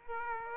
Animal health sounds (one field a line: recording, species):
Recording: mosquito wingbeat signal from an infrared sensor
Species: Aedes aegypti